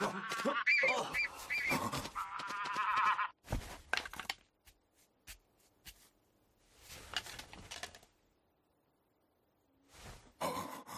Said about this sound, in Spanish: ¿Qué es esto? ¿Un pájaro? Oh, pero, ¿por qué ha entrado? Lleva algo en el pico.